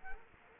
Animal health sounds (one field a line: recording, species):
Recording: mosquito wingbeat signal from an infrared sensor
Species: Culex quinquefasciatus